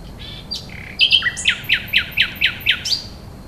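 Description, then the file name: Common nightingale song: a few whistled notes, then a series of loud repeated chirps. "rossignol"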